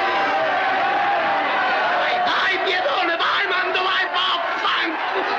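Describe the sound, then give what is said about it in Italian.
A large stadium crowd roars and cheers continuously, a dense wall of many voices with rising shouts and chants surging in bursts, loud and sustained throughout. “Ecco, il lamentatore professionista è improvvisamente guarito sugli spalti dello stadio a fare il tifo”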